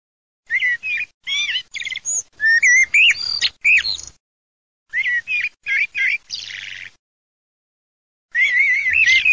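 Common blackbird song in bursts of warbled, whistled phrases with short twittery notes, broken by short pauses, over a faint low hum.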